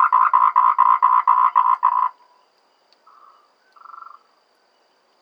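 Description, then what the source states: Tree frog calling in a fast train of several harsh, pulsed notes over two seconds, then quieter short buzzy calls after a pause. Taiwan.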